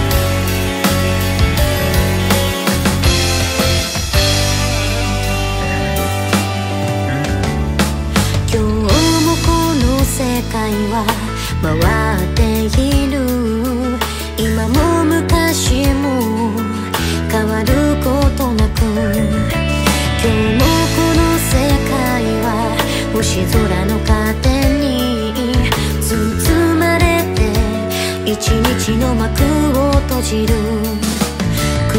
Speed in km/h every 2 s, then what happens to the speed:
0, 0, 0, 0, 0, 0, 0, 0, 0, 0, 0, 0, 0, 0, 0, 0.
0-32 standing.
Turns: none.